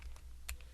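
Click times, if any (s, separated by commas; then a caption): 0.5 s. A removable part that was pulled off a GoPro HD HERO camera's plastic housing with a little force is lined up and pushed back in. Faint clicks at 0.0, 0.2 and 0.6 seconds surround one sharp, bright snap at 0.5 seconds, when the part seats firmly back into the housing.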